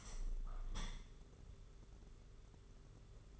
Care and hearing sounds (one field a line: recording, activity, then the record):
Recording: daily activity, microphone in the room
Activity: open window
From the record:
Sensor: 4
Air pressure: 992.1 hPa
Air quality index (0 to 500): 105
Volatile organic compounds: 15 ppm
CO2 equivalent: 2484 ppm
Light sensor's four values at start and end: 22/77/28/30 and 23/78/28/30